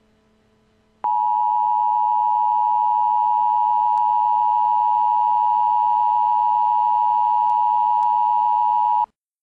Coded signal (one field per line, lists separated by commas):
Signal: Emergency Alert System (SAME) tones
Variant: 853 and 960 Hz attention tone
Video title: An EAS timeline of the 5/31/13 St. Louis Tornado